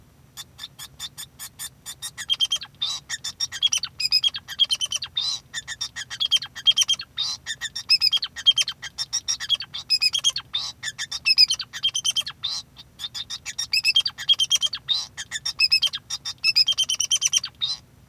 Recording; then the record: song of a male Bengalese finch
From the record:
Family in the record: son of father 2